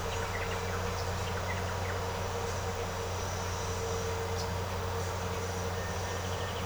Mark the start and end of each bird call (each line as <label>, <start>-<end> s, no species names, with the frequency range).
bird call (2.1-3.7 kHz), 6.04-6.65 s